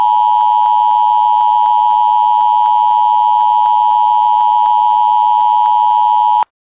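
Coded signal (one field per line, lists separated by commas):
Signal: Emergency Alert System (SAME) tones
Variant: 853 and 960 Hz attention tone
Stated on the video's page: Fictional Public Health Advisory alert.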